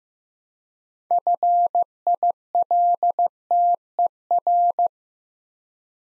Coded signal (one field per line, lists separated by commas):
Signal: Morse code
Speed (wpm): 15 wpm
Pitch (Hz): 700 Hz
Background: none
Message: FILTER